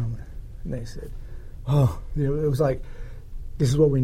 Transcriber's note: sigh